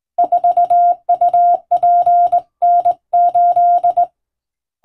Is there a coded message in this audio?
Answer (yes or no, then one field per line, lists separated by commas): yes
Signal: Morse code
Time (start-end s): 0.2-4.0 s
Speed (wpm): 20 wpm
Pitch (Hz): 700 Hz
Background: none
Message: 4UPN8